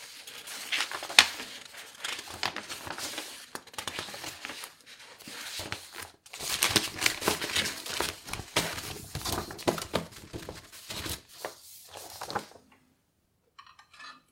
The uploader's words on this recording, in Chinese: 沉浸式整理办公桌｜纸张翻阅、收纳。